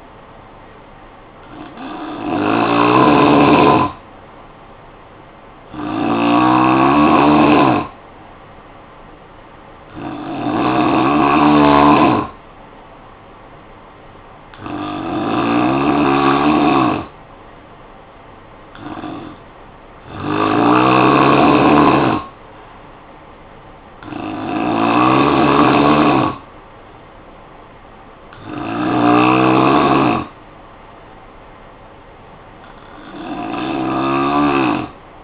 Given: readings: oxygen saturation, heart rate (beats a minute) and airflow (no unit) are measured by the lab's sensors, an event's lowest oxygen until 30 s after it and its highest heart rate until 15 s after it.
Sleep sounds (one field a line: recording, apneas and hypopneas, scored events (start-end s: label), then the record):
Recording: breathing in sleep by a voice recorder at the bedside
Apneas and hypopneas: none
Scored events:
none scored
From the record:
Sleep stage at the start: N3 (deep sleep)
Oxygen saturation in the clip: 89 to 91%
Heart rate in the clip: 52 to 56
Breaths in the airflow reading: 8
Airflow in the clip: -10.0 to 4.9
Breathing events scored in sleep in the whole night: 445 in 7.6 hours asleep